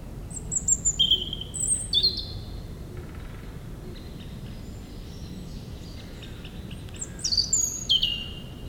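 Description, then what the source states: European robin song, high thin whistles in short phrases separated by pauses, with a steady low background rumble. Singing in the huge Meerdaalbos forest at Oud-Heverlee, Belgium, with planes taking off.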